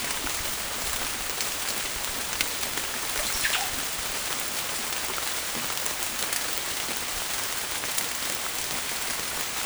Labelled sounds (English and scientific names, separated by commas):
Russet-backed Oropendola (Psarocolius angustifrons)